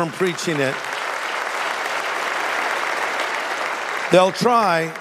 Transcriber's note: applause